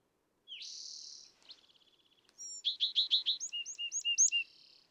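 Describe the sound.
California thrasher song: a long buzzy note, a fast dry trill, then a string of clear paired notes and upswept whistles, crisp against silence.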